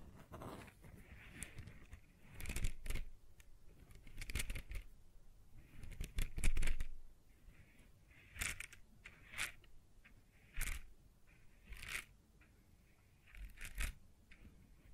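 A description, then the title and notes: Irregular knocks, scrapes and taps on a wooden surface, some sharp and bright, arriving in uneven bursts with brief quiet gaps. ASMR Sounds on Wooden Surface (No Talking).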